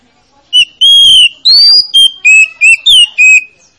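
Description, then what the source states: Oriental magpie-robin song, eight clear whistled notes in a brisk series, mixing long level tones with short downward slurs. Played as a lure to coax a reluctant, lazy-singing magpie-robin into singing.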